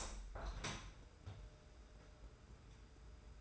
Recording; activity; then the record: daily activity, microphone in the room; open window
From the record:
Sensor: 2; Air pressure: 991.1 hPa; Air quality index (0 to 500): 131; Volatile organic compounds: 156 ppm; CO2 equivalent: 4049 ppm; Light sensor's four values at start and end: 37/109/43/41 and 37/108/43/41